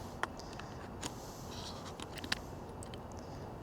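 A Lensbaby Soft Focus II interchangeable lens optic is lined up and pushed back into an optic-swap lens body, making several small, faint contact ticks. A final sharp click comes at 2.3 s as the optic snaps into place and is seated.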